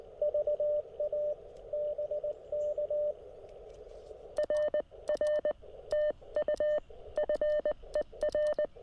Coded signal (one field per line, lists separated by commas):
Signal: Morse code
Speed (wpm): 20 wpm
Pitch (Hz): 600 Hz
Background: none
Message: VA BK RR TU FER